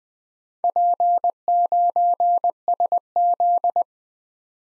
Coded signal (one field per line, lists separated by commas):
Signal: Morse code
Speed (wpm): 20 wpm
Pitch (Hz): 700 Hz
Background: none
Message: P9SZ